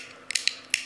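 The safety slider on a Gerber Covert automatic folding knife with a CPM-S30V blade is toggled between its safe and unlocked positions, producing sharp, bright clicks at 0.3, 0.4, 0.5 and 0.7 seconds. The slider seats firmly into position each time with a crisp, positive detent click, unlike a second, mushier knife of the same model.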